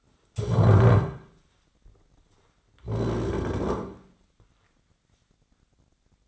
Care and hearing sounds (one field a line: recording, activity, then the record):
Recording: daily activity, microphone in the room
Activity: stand up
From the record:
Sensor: 3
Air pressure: 1009.3 hPa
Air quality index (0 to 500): 180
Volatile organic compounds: 3 ppm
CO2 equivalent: 1456 ppm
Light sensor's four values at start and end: 54/138/61/62 and 43/112/50/52